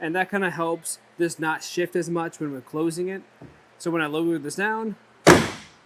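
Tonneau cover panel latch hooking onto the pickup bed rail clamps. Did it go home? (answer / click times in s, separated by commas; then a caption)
yes / 5.3 s. Someone talks as a panel of an etrailer hard folding tonneau cover on a 2025 Ram 1500 pickup is lowered onto the truck bed rails, after the side clamps were tightened all the way down to keep the cover from shifting while closing. At 5.3 s a single sharp click sounds as the panel's hooks latch onto the bed rail clamps, and the cover seats closed.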